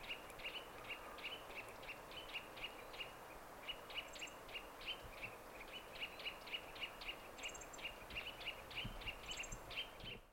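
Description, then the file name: Eurasian nuthatch calls: a rapid run of short, clipped notes repeated several times a second throughout, over steady background hiss. "Sitta europaea"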